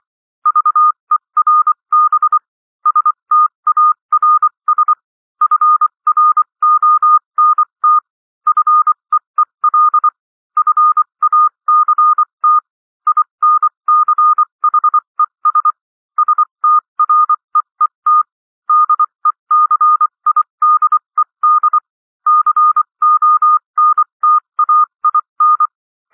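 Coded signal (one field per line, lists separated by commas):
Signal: Morse code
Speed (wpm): 24 wpm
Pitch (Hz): 1220 Hz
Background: none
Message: VERB STARS FRONT FEEL FACT INCHES STREET DECIDED CONTAIN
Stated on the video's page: Morse code reading practice at 21-24 WPM characters with 24 WPM.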